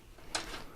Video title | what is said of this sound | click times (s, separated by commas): BEST Mid Tower ATX PC Gaming Case Antec FLUX White With Birch Wood - LIVE Review & Tear Down | put the front panel back on that just pops into place | 0.4 s